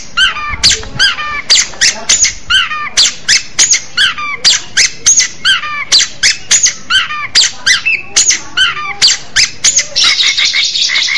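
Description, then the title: Orange-headed thrush giving quick, sharp squeaky notes in rapid succession, closing in a dense burst of high buzzy sound. "Anis Merah"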